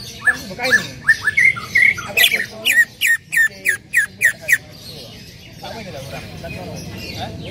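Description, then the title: Greater green leafbird giving short whistled notes, then a rapid, regular string of sharp chirps before falling quiet. Female calling to a male; described as calling very actively and persistently (gacor hiper). "CUCAK IJO BETINA GACOR HIPER MEMANGGIL JANTAN"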